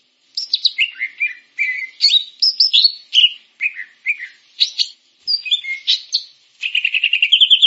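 Grey-cheeked bulbul singing short bursts of chattering, down-slurred whistled notes separated by brief pauses, ending in a quick rising trill; otherwise quiet.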